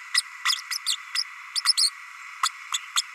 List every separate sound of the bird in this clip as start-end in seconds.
0.14-0.24, 0.45-0.61, 0.70-0.78, 0.86-0.96, 1.14-1.23, 1.55-1.60, 1.65-1.73, 1.77-1.90, 2.43-2.49, 2.73-2.79, 2.96-3.02